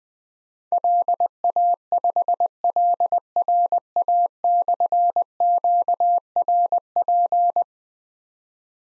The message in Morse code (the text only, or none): LA5LRA/QRP